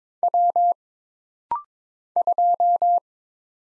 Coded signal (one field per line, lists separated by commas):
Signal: Morse code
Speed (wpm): 23 wpm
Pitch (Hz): 700 Hz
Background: none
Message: W 2